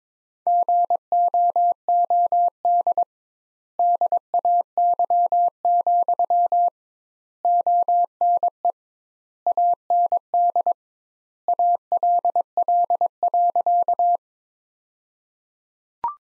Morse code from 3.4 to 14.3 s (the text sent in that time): DAY, ONE AND ALL.